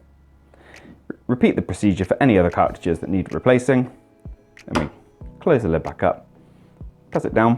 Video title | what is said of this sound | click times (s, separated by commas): Epson Stylus DX4050: How to Change/Replace Ink Cartridges | do exactly the same thing press it down until it clicks | 1.1 s